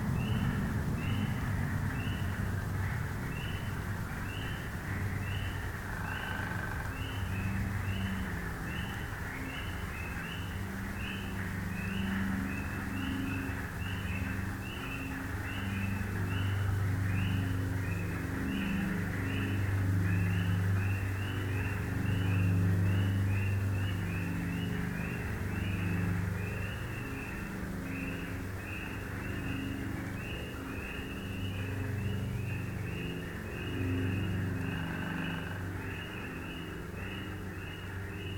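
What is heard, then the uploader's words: Frogs call in the swamp, a steady chorus of short, bright pulses repeating quickly and regularly throughout. Beneath them runs a low, droning rumble like vehicle noise, swelling between about 15 and 25 seconds before easing off. This morning we'll be taking a walk through the Beverly Swamp, listening for spring arrivals, and emerged frog species.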